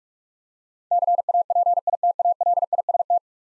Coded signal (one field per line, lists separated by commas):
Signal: Morse code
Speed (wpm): 44 wpm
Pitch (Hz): 700 Hz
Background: none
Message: CAPITALIST